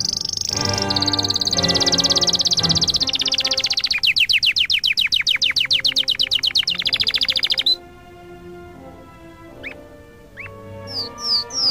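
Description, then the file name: Canary song: long rolling trills that shift pitch, a series of rapidly repeated sweeping notes, then scattered short chirps, accompanied by quiet background music. Canary song mixed with music. "suara kenari dan musik"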